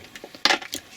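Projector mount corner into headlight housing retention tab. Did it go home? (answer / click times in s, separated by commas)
yes / 0.5 s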